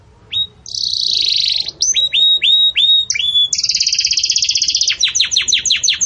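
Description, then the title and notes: Canary song with a sustained buzzy note, a run of downslurred whistles, a dense trill and closing rapid repeated chips. Belgian canary song for training young birds; song style 'campainha' (bell-like). "Canto Do Canário Belga Campainha Para Encarte De Filhotes. CANARIO"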